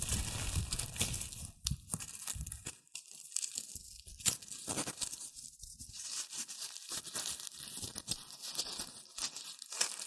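Shredded tissue and packing peanuts rustle and crinkle in dense, uneven bursts throughout. The first couple of seconds are fuller with low thumping handling, then the sound turns thinner and crisper, with sharp crackles popping irregularly and a few louder snaps near four seconds.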